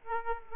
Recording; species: mosquito wingbeat signal from an infrared sensor; Aedes aegypti